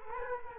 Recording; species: mosquito wingbeat signal from an infrared sensor; Culex quinquefasciatus